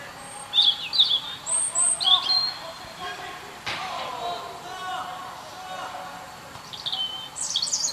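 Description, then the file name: European robin song: high whistled notes and thin trills early on, a quieter stretch, then another high phrase at the end. "Erithacus rubecula"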